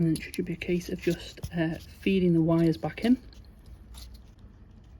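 Someone talks while wire terminals are fed back into a light fitting rocker switch on a Bavaria boat, ahead of pushing them home. After the talking stops, only small, faint handling noises are heard, and nothing has seated or clicked yet.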